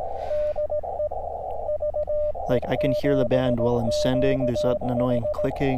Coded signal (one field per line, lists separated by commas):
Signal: Morse code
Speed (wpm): 17 wpm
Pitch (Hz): 600 Hz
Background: speech, radio noise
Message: DE VE7QH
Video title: KX2 is back baby! | SOTA up at Dufferin Hill Oct 29, 2022